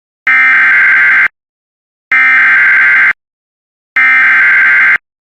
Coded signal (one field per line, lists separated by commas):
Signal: Emergency Alert System (SAME) tones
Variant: header bursts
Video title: Severe Thunderstorm Warning for Lac qui Parle and Yellow Medicine, MN (EAS #146)